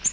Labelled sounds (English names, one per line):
Nashville Warbler flight call